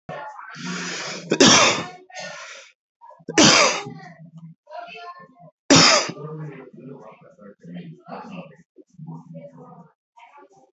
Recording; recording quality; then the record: heavy voluntary cough; excellent, no background noise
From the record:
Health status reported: healthy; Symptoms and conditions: none ticked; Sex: male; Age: 36 years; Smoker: not ticked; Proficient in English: yes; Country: India